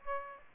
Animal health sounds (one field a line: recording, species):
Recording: mosquito wingbeat signal from an infrared sensor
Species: Aedes aegypti